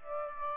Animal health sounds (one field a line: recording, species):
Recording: mosquito wingbeat signal from an infrared sensor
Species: Aedes aegypti